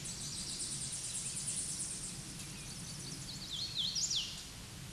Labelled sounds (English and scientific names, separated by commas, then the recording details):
Hooded Warbler (Setophaga citrina) song
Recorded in a Pennsylvania forest on 16 May 2024 at 08:05
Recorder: AudioMoth, point MSD-0079
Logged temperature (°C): 16.1 °C
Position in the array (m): 169 m, 105 m